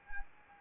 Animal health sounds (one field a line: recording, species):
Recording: mosquito wingbeat signal from an infrared sensor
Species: Anopheles arabiensis